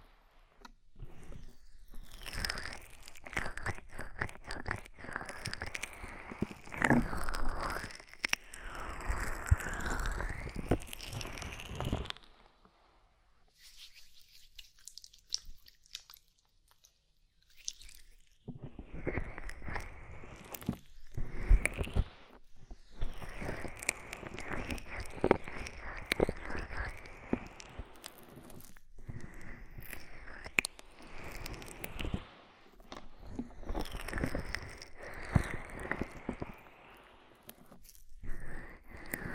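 Oily, foamy ear massage with dense crackling, squishing rubs and wet pops, broken by a near-silent pause around 12 to 18 seconds.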